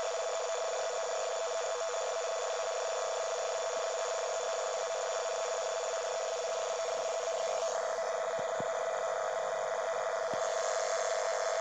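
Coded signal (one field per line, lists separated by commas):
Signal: NAVTEX (SITOR-B)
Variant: 100 baud SITOR-B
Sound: continuous fast warbling two-tone chirp, steady rhythm, under loud hiss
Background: radio static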